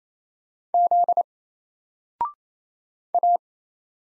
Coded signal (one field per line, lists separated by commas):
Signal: Morse code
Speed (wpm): 27 wpm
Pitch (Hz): 700 Hz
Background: none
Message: Z A